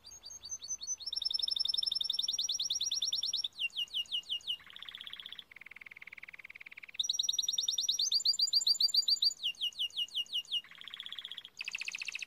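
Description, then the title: Timbrado canary song alternating bright fast trills with lower buzzy metallic rolls, sections changing every second or two. Timbrado canary breed song in a training video. "Canary Bird Singing - Timbrado training video"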